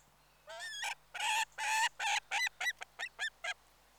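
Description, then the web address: Peregrine falcon giving a rapid series of harsh, chattering notes, about three per second, with longer grating calls at the start that break into shorter cacks. "The BBC Sound Effects Library. Peregrine Falcon"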